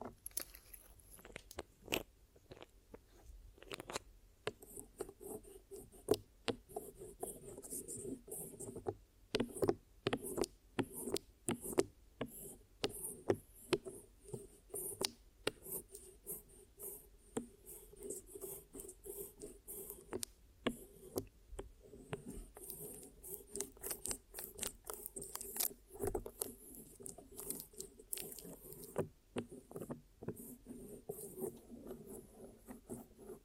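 Glue ear massage and cleaning: dense, irregular crackling clicks and rubbing pops with a steady low rumble and a faint high hiss throughout.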